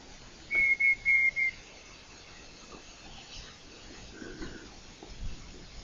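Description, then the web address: Night parrot calling with a rapid run of four brief, pure whistles on one high pitch, then quiet with only low hiss and faint rustling afterward. First recording of the species, made by John Young, February 2019. "201902 John Young-first-night-parrot-recording"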